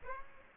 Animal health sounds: mosquito wingbeat signal from an infrared sensor; Aedes aegypti

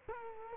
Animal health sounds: mosquito wingbeat signal from an infrared sensor; Culex quinquefasciatus

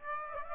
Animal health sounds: mosquito wingbeat signal from an infrared sensor; Aedes aegypti

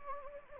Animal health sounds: mosquito wingbeat signal from an infrared sensor; Anopheles gambiae

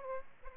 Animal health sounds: mosquito wingbeat signal from an infrared sensor; Aedes aegypti

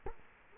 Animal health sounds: mosquito wingbeat signal from an infrared sensor; Culex quinquefasciatus

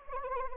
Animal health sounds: mosquito wingbeat signal from an infrared sensor; Anopheles arabiensis

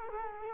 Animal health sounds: mosquito wingbeat signal from an infrared sensor; Culex quinquefasciatus

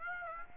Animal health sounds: mosquito wingbeat signal from an infrared sensor; Aedes aegypti

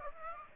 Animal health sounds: mosquito wingbeat signal from an infrared sensor; Aedes aegypti

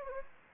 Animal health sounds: mosquito wingbeat signal from an infrared sensor; Anopheles gambiae

